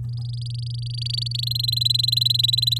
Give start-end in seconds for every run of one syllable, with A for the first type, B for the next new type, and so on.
0.04-1.45 A, 1.47-2.79 B